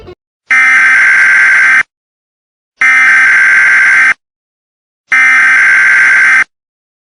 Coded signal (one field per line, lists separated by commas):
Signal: Emergency Alert System (SAME) tones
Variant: header bursts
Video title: EAS Scenario #10 - Roko's Basilisk